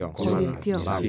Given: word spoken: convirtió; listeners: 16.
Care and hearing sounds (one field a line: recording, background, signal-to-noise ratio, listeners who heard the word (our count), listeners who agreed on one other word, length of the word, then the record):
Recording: one Spanish word in noise, from a listening test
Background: four-talker babble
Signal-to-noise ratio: -0.4 dB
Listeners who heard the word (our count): 0 of 16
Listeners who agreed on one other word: 11 of 16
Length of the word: 0.69 s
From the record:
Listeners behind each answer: 11, 1, 1, 1, 1, 1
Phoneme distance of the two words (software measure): 41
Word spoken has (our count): 3 syllables, 9 phonemes, stress on syllable 3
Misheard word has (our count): 2 syllables, 6 phonemes, stress on syllable 2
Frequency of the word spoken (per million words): 41.13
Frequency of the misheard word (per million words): 45.72